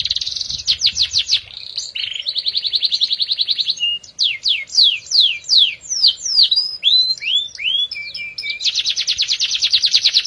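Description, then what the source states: Canary song: rapid rolling trills alternate with fast downslurred sweeping notes, ending in a long steady trill. Therapy recording meant to get a canary that has stopped singing to sing again; F1 canary.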